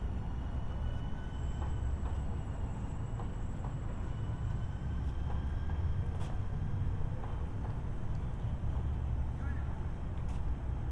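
A walk through San Diego city streets, recorded binaurally, with a steady low rumble of traffic or a passing train filling the whole clip. Faint voices and scattered clicks and taps come through, and a thin high whine runs from about one to five seconds.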